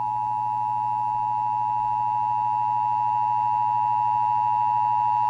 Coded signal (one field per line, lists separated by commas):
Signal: Emergency Alert System (SAME) tones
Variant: 853 and 960 Hz attention tone